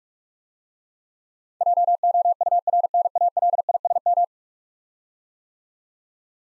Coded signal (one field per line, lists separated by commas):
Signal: Morse code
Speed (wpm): 46 wpm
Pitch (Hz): 700 Hz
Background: none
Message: JOURNALISM